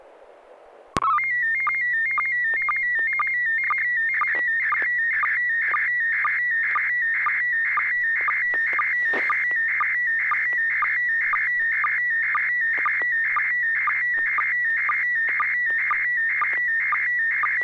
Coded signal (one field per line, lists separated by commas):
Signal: SSTV (slow-scan television)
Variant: PD 120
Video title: N6NA SSTV Net - 12/15/2021